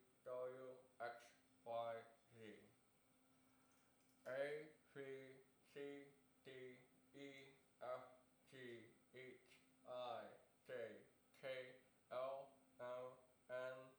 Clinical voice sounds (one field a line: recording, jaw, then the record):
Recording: letters of the alphabet, spoken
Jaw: constrained by a bite bar between the teeth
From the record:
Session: first day, right after the free take